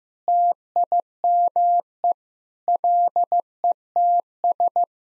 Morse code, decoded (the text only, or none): TIME LETS